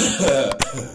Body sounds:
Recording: coughing mixed with background sound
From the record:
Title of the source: Spring Cold Coughing.

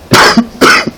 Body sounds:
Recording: coughing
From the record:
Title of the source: Coughing 60

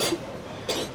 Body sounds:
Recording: coughing mixed with background sound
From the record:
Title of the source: 61 morning phlegmy cough...again

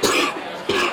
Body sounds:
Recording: coughing mixed with background sound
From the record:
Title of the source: 64 coughing, allergies, singing lungs

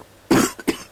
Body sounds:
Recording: coughing mixed with background sound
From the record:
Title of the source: 30 Chesty and wet cough

